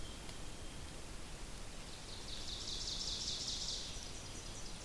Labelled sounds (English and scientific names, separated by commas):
Ovenbird (Seiurus aurocapilla) song